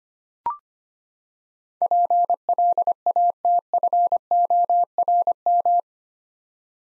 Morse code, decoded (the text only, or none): PLATFORM